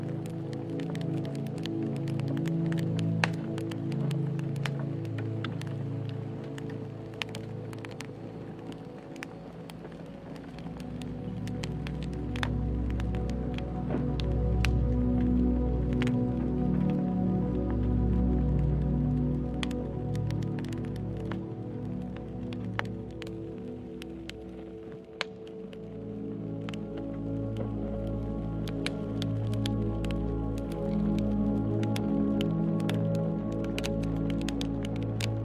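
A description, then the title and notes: Firewood burns at a campsite, with sharp crackles and pops scattered throughout, clustering more thickly in places. Beneath them runs a steady low hum of layered tones that shifts slightly in pitch, dipping briefly around 25 seconds before settling again. A dreamy night with firewood at the campsite.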